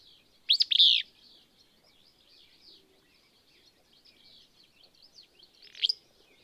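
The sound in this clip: Willow Flycatcher giving a sneezy, buzzy two-part phrase near the start, then a shorter fainter note about five seconds later, over a soft chorus of other birds.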